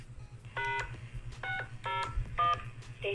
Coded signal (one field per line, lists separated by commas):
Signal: DTMF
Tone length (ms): 210 ms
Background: speech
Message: # 601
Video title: vox repeater with dtmf functions